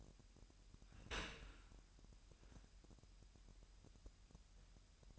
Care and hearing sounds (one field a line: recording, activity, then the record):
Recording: daily activity, microphone in the room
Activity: open dishwasher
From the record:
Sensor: 2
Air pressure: 998.2 hPa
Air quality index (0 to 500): 147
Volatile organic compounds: 4 ppm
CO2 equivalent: 1666 ppm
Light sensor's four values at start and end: 10/30/12/11 and 10/30/12/11